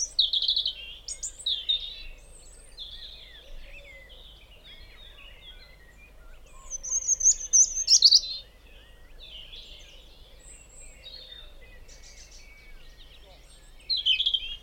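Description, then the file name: European robin song, high thin warbled phrases with trills and squeaky notes, delivered in bursts with quieter gaps, over a low steady hum. "Erithacus rubecula"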